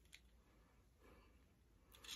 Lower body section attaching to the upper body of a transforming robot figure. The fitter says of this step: till you hear a click just like that